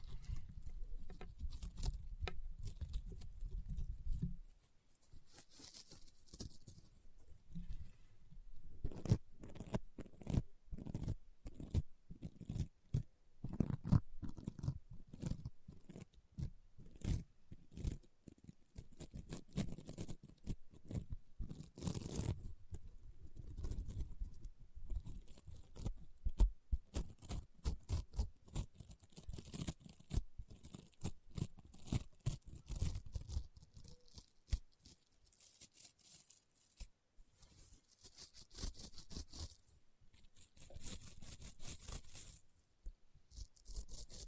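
Crunchy, popping sounds from honeycomb slime being squeezed and worked, a dense run of quick crackles and snaps that come in bursts. A low rumble fills the first few seconds, then the crackling carries on with brief quieter gaps, with brighter flurries around 20 and 38 seconds.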